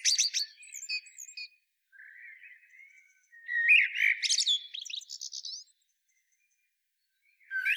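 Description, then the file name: Common blackbird song: a high twitter, then a soft low warble and a louder fluted phrase ending in squeaky notes, followed by a pause. "Turdus merula"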